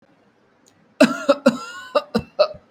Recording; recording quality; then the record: heavy voluntary cough; excellent, no background noise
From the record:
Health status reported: healthy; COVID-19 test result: not tested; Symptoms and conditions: cough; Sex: male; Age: 20 years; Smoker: not ticked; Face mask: not worn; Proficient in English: yes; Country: India